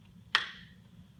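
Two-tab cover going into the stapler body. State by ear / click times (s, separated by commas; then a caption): seated / 0.4 s. A power generation cover with two tabs is pushed into the stapler body, tabs toward the stapler head, until it latches. A single sharp click sounds at 0.4 s over a low steady background hum, then rings down briefly. The cover is seated, with its tabs clicked into place.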